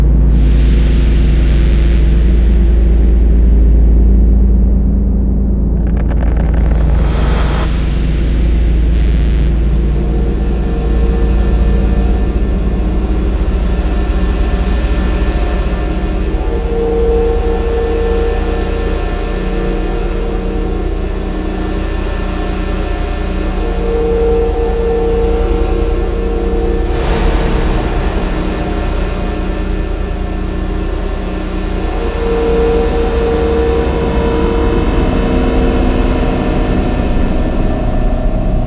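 A dark, heavy drone rumbles low and steady throughout, with a sweeping whoosh near seven seconds and brighter swells around twenty-seven seconds.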